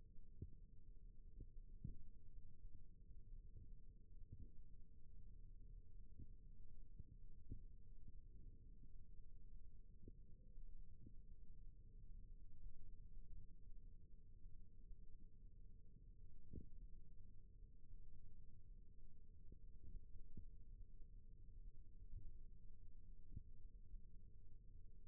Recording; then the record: forearm muscle sounds (acoustic myography)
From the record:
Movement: rest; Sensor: system 1, eight BSWA MPA416 microphones around the upper forearm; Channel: 3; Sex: male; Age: 21 years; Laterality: right